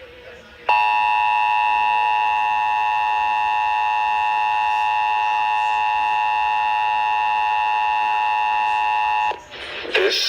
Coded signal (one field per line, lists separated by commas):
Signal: Emergency Alert System (SAME) tones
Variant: 853 and 960 Hz attention tone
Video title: AM/FM/TV (EAS # 261-263) National Periodic Test